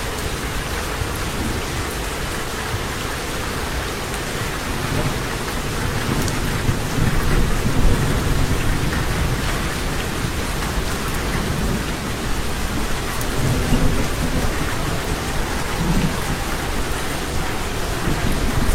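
Heavy rain pours down in a dense, unbroken hiss, with deep rolling thunder rumbling underneath throughout. The low rumble swells around seven seconds and again near thirteen and sixteen seconds, and the storm stays louder and fuller from the midpoint on.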